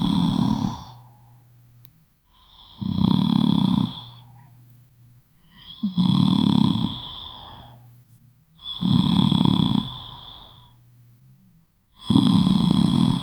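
A girl, asleep, snoring loudly: five loud, rumbling snores about three seconds apart, each followed by a quieter, fading exhalation.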